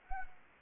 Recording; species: mosquito wingbeat signal from an infrared sensor; Anopheles gambiae